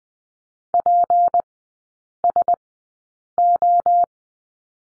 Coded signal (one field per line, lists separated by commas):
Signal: Morse code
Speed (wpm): 20 wpm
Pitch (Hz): 700 Hz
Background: none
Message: PSO